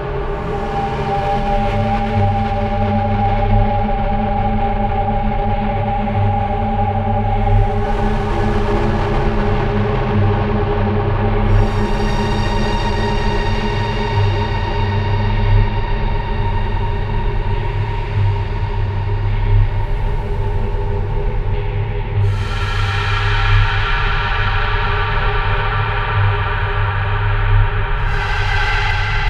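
Rubbing on an overturned bass drum blends with synthetic pads into a dense, continuous drone with a steady low throb. Bright, ringing gong-like swells open up around 8, 11, 22 and 28 seconds, each shimmering then fading back into the hum.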